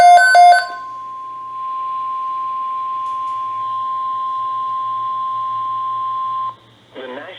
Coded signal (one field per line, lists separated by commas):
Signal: Emergency Alert System (SAME) tones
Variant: 1050 Hz attention tone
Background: speech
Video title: (EAS #189-190) Severe Thunderstorm Warning + Tornado Watch (KEC55, KEC56)